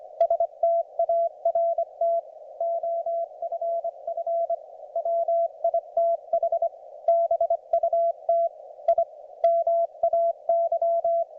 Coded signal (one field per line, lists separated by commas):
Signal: Morse code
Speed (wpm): 25 wpm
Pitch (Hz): 690 Hz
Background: none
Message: START OFF WITH BUT I MAY